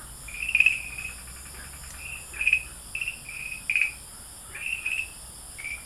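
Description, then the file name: Chirping notes of farmland green tree frogs come in sparse clusters about a second apart, with quiet pauses between them. Recorded at Dalin, 30 May 2009. "090530 dalin farmland treefrog"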